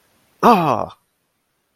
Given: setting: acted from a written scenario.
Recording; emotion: vocal sound without words; negative surprise